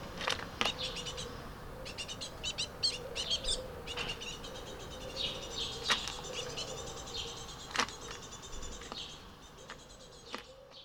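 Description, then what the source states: Young tits give soft, fast, high chirping bursts over a steady hum. Occasional sharp clicks punctuate the chirping. Baby tit.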